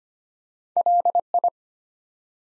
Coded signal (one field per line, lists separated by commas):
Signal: Morse code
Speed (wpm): 25 wpm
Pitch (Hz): 700 Hz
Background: none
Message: LI